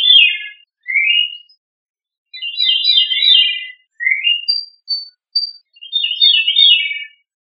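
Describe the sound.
Thrush song: short, varied, warbled phrases with fluty notes and brief high whistles, spaced by short pauses.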